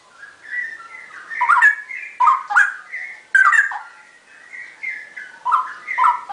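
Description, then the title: Oriental magpie-robin song: varied whistled phrases around mid pitch, with sharp bright notes and short pauses, several loud bursts near the middle and end. "Kicau Kacer"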